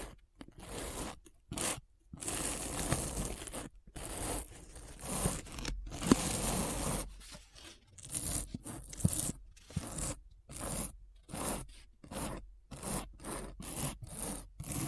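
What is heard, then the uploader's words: Scratching comes in short, rough strokes, each lasting about half a second to a second, separated by brief silent gaps. The scraping is gritty and bright with a papery rustle, repeating steadily through the whole recording, with a few longer, denser passes in the middle. ASMR Deep Brain Scratch (No Talking).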